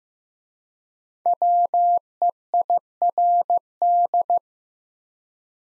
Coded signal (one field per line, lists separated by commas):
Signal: Morse code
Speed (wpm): 15 wpm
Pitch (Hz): 700 Hz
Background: none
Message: WEIRD